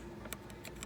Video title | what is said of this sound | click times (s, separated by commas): New CARBON FIBER Steering Wheel installed - 2017 Toyota Corolla iM | You just heard it snap. | 0.3 s